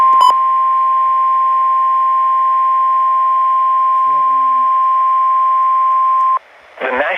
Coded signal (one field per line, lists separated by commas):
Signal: Emergency Alert System (SAME) tones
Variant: 1050 Hz attention tone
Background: speech